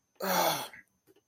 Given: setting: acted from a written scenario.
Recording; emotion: vocal sound without words; pain